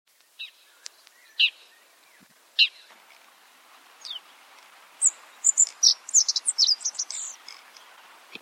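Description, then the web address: Godlewski's bunting: a few scattered high tsip notes early on, then a quick jumbled phrase of thin chips and slurs in the second half. "godlewski s bunting bird call"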